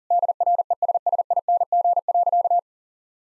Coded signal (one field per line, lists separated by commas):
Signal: Morse code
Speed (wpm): 40 wpm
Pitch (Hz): 700 Hz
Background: none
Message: DRESSING.